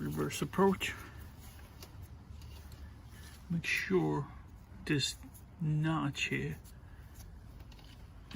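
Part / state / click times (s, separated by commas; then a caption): high beam bulb and its wiring harness connector / not seated / none. Someone talks while lining up the notch on a plastic-based high beam bulb with the tab on its wiring harness connector on a 2008 Lexus ES350, with only faint, brief handling taps between the words. The bulb is oriented but not yet pushed home, so nothing has seated or clicked yet.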